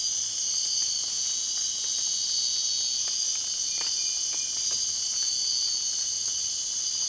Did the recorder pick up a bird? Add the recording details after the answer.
no. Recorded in dense forest near Puerto Asís, Putumayo, Colombia, on 24 March 2025 at 01:00. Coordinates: 0.499, -76.324. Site GP03